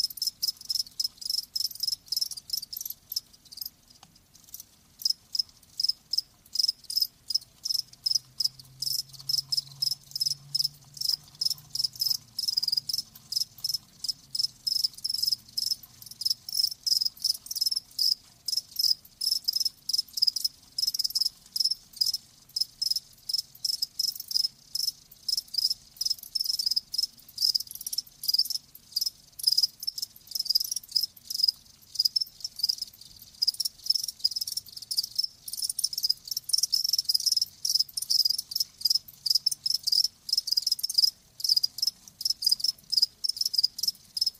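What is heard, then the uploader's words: Crickets chirp nonstop in a dense, rapid, high-pitched pulsing that stays steady for the whole recording. A faint low hum drifts underneath, briefly swelling around ten seconds and again near the end, while the shrill chorus sounds even. Live Crickets Chirping. The lulling song of crickets.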